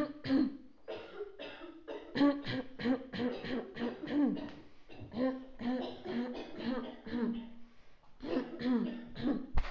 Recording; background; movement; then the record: throat clearing; a bystander coughing; walking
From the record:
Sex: female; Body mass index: 21.8 kg/m2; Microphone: on the chest, facing outward